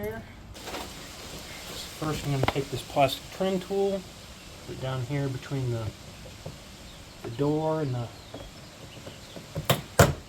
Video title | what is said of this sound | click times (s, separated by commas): Door speaker install Audi A3 8P | Should just hear it pop like that. | 9.7 s, 10.0 s